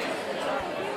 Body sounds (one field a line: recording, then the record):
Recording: coughing mixed with background sound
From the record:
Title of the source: Residual Phlegmy Morning Coughing and Gagging